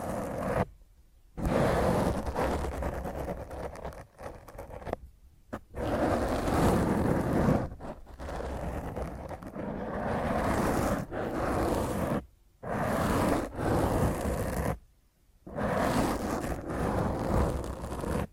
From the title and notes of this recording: ASMR Intense Rough Mic Scratch using HandNails (No Talking).